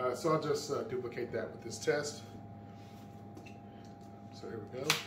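A six-gram CO2 magazine is handled and brought toward a less-lethal launcher for a cold-temperature test while someone talks. Short handling and rustling noises follow over a quiet background. Nothing has seated or clicked into the launcher yet.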